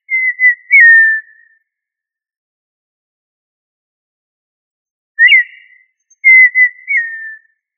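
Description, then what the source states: Quail giving clear whistled calls: a drawn-out, gently falling whistle, then after a long silent gap a quick upslurred note followed by another falling whistle. Listed under family Tinamidae; local name puyuh.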